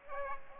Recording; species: mosquito wingbeat signal from an infrared sensor; Aedes aegypti